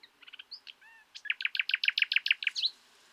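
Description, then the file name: Common nightingale song: short soft notes and a thin whistle lead into a fast, loud run of repeated chopped notes, ending on a short whistled note. "Luscinia megarhynchos"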